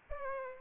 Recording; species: mosquito wingbeat signal from an infrared sensor; Aedes aegypti